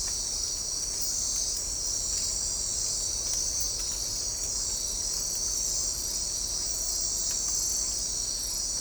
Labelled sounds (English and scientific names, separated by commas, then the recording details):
none
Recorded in forest near Pivijay, Magdalena, Colombia, on 1 June 2023 at 19:00
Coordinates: 10.467, -74.380
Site Z5-G034